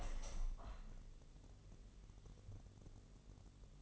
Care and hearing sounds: daily activity, microphone in the room; open window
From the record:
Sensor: 4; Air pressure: 1001.2 hPa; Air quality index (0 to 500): 247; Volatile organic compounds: 45 ppm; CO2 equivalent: 3220 ppm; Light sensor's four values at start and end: 9/19/7/7 and 9/20/8/7

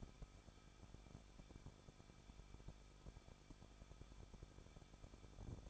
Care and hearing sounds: daily activity, microphone in the room; no activity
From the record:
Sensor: 5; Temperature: 20.8 degrees Celsius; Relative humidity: 38.3%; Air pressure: 1006.6 hPa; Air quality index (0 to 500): 185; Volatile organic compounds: 17 ppm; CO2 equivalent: 2588 ppm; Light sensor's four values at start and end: 2/3/1/1 and 2/3/1/1

